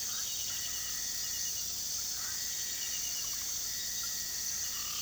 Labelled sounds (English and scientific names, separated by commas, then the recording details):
none
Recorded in pastures near Puerto Asís, Putumayo, Colombia, on 18 February 2024 at 04:00
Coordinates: 0.466, -76.323
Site G6384